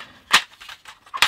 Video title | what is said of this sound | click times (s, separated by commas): Do Not Megger Alarms - what happens when 1000V is applied to a smoke alarm? | that will just place onto like that, and then it just clicks on like that. | 1.2 s